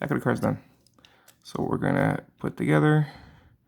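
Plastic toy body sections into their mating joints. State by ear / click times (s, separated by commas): not seated / none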